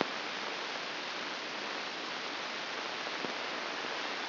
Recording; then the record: brain microelectrode recording played as sound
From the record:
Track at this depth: outside the subthalamic nucleus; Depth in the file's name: 6.461 mm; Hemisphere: left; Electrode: 2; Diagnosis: Parkinson's disease